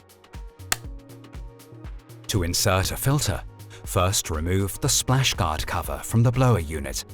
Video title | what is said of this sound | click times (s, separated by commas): How to Use the Dräger X-plore 8500 & X-plore 8700 | Now place the battery into the battery compartment and fold it in until it clicks into place. | 0.7 s